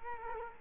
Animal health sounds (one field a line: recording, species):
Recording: mosquito wingbeat signal from an infrared sensor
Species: Culex quinquefasciatus